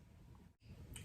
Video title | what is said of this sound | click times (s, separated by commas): 😵 They did it again! Steamcrave Aromamizer Supreme V3 RDTA - Review & 2 build tutorials | there we go clicked into place | 1.0 s